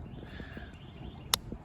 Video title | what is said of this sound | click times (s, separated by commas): Transformers Tuesday! Soundwave…CHROMED! Galaxy Version Wave 3 Blokees [2nd of 9] | there we go make sure it clicks into place you don't want it to Bobble right off or something | 1.3 s